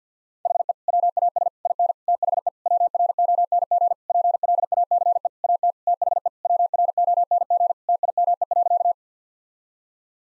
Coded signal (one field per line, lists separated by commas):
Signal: Morse code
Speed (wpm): 50 wpm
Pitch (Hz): 700 Hz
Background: none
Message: HE WAS IN THE WRONG PLACE AT THE WRONG TIME.